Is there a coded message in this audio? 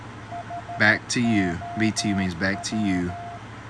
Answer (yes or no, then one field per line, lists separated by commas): yes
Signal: Morse code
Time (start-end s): 0.3-3.4 s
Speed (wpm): 13 wpm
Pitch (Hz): 700 Hz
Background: speech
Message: HOW